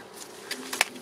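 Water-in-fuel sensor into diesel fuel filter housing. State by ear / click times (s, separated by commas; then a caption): partly seated / 0.8 s. A water-in-fuel sensor is pushed into the diesel fuel filter housing of a 1.6 HDi/TDCi engine, with two softer knocks at about 0.5 s and 0.7 s before a sharp click at 0.8 s. Despite the click, the sensor is not fully seated and is only partly in.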